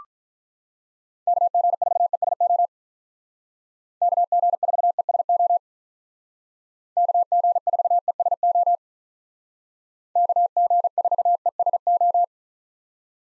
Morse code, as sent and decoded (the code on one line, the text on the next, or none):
-.- --. ....- . ... --- / -.- --. ....- . ... --- / -.- --. ....- . ... --- / -.- --. ....- . ... ---
KG4ESO KG4ESO KG4ESO KG4ESO